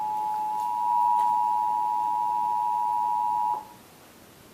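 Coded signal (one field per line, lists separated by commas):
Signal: Emergency Alert System (SAME) tones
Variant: 853 and 960 Hz attention tone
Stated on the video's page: EAS tsunami warning for the US West Coast after the M8.9 Japan earthquake, received in San Francisco while watching NHK World.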